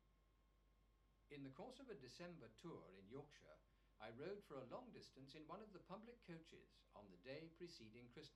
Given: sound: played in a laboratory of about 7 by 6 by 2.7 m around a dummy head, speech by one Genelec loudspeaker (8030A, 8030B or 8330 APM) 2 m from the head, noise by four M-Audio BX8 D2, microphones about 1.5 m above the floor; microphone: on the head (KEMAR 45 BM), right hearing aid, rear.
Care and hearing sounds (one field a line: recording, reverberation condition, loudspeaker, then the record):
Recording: male speech in English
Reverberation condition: low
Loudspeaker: 90 degrees to the right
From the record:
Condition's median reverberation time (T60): about 310 ms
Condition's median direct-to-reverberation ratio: about 3.5 dB